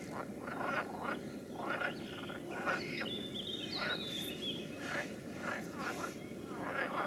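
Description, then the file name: Frog chorus of scattered rasping croaks in irregular bursts, steady hiss beneath. "Nature Recordings - Frogs"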